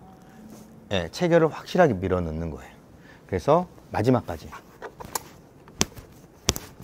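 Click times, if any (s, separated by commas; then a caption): 5.8 s, 6.5 s. A car seat on its ISOFIX base is pushed firmly all the way back against the vehicle seatback while someone talks. Two loud clicks follow at 5.8 s and 6.5 s as it locks, and the fastening is complete.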